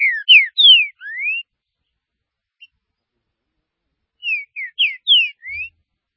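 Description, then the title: Green-winged saltator song in two phrases of four or five sweet whistled notes, some falling and one rising, separated by a few seconds of silence. "Trinca Ferro"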